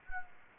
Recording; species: mosquito wingbeat signal from an infrared sensor; Anopheles gambiae